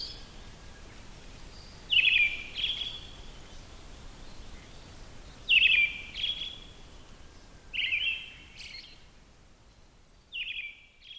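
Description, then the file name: Brown-headed thrush song: four short phrases separated by pauses of a few seconds, faint hiss behind. "akahara"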